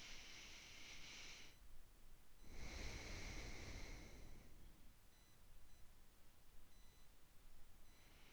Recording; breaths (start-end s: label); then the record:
nose breathing near a microphone
0.00-1.60 s: inhalation
2.46-4.88 s: exhalation
7.73-8.33 s: inhalation
From the record:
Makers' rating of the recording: medium